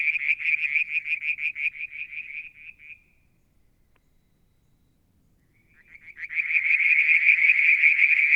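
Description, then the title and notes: Frog calls: a pulsed, throbbing trill runs for three seconds and fades out. After a few seconds of quiet, another rapid trill builds up loudly. Mount Wilson, New South Wales, Australia; July 2022; one evening near a water tank; striped marsh frog, Verreaux's tree frog and an unidentified frog calling together. "Frog song, Mount Wilson, New South Wales, Australia in July 2022 – by Alexander Moffatt. Limnodynastes Peronii, Litoria Verreauxii and a mystery frog one evening near the water tank"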